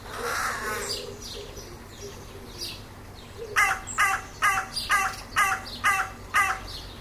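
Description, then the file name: Carrion crow caws: a hoarse call, then a run of seven harsh, clipped caws repeated about twice a second. "Corvus corone"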